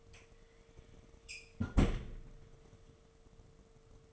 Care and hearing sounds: daily activity, microphone in the room; close fridge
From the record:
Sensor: 4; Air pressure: 1015.9 hPa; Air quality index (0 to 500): 196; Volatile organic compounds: 10 ppm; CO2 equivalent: 2256 ppm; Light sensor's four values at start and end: 13/30/13/14 and 18/41/17/18

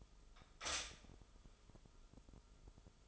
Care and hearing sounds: daily activity, microphone in the room; stop toaster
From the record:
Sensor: 5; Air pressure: 988.6 hPa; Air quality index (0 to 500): 227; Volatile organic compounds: 153 ppm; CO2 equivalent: 4037 ppm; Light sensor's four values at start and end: 40/124/48/52 and 40/124/48/52

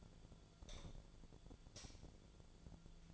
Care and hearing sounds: daily activity, microphone in the room; light off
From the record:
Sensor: 5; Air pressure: 1009.9 hPa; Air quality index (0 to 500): 159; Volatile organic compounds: 4 ppm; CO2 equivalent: 1547 ppm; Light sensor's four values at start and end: 207/525/217/234 and 206/522/216/232

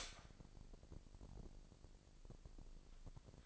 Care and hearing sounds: daily activity, microphone in the room; stop toaster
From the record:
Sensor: 5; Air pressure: 1007.4 hPa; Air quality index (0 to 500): 126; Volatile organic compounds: 1 ppm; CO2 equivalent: 961 ppm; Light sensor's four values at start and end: 26/59/24/25 and 26/59/24/25

